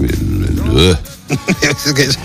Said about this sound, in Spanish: tú lo primero que haces muchas veces es emitir un ruido, no hablar. Bueno, sí, un sonido gutural.